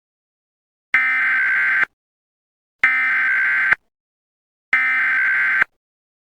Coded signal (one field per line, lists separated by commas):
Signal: Emergency Alert System (SAME) tones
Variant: header bursts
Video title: EAS Amber Alert For Mikesburg (1/3/26)